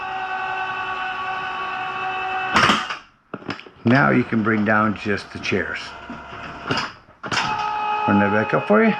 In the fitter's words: your bug gets to the top you will hear it click in